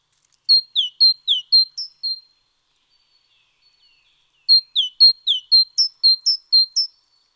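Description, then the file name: Great tit calling in two separate bursts, each a rapid string of high, thin notes mixing flat and downslurred tones, with a quiet gap of about two seconds between. "Parus major"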